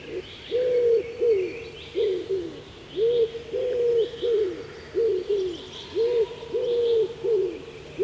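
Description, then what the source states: Common Wood Pigeon cooing song, a run of low hooted notes in phrases, with small birds singing higher behind. Deep hooting often mistaken for an eagle-owl; common in southern and central Finland, feeds in forest clearings and farmland, nests in young spruce, still breeding in late summer, long song season.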